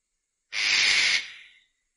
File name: Canto do papagaio ecletus